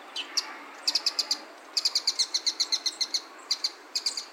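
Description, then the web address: Bird giving high, thin repeated chips in quick bursts of several notes, with short pauses between the runs. 7 October 2021, Noda. "20211007 野田小東縁"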